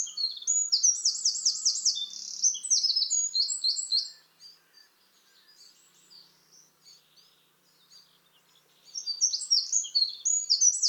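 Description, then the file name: Eurasian wren song: a loud, fast, high jumble of trills and sharp notes for four seconds, a quiet gap, then the song starts again. "Troglodytes troglodytes"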